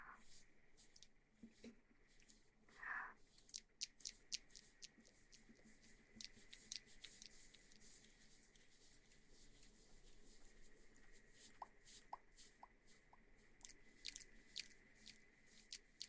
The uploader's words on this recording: Shaking water bottle & Ear massage.